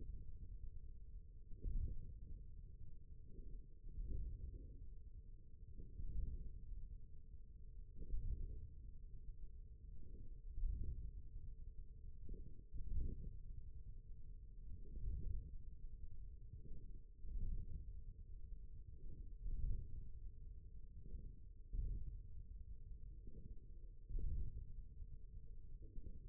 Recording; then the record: forearm muscle sounds (acoustic myography)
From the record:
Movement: ulnar deviation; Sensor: system 1, eight BSWA MPA416 microphones around the upper forearm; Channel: 2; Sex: male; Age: 41 years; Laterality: right